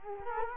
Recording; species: mosquito wingbeat signal from an infrared sensor; Culex quinquefasciatus